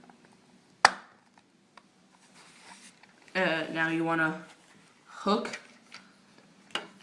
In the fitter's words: and then push this down until you hear a click uh